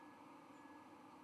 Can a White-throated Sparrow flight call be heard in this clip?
yes